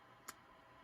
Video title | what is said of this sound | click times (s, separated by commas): 3D Printed Night Vision Goggles | and we got a good positive click in there you're going to want to keep applying force hold it uh square to the hole | 0.3 s